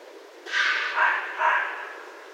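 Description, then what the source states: Red fox calling with three hoarse, harsh barks in a quick series, each roughly half a second apart, over quiet hiss. Recorded 16 January 2012.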